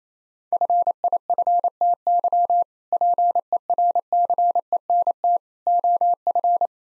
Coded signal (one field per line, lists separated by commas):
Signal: Morse code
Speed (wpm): 27 wpm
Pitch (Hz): 700 Hz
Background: none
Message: FIFTY PERCENT OF